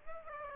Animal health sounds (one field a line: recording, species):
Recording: mosquito wingbeat signal from an infrared sensor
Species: Aedes aegypti